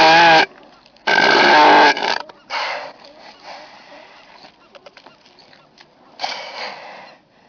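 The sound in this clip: Northern elephant seal giving loud, harmonic, groaning calls in short bursts separated by pauses, with quieter grunts and clicks between them.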